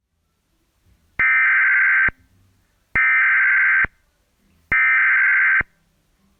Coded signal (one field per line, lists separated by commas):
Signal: Emergency Alert System (SAME) tones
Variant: header bursts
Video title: (EAS#201)(VERY RARE!!) Flash Flood Emergency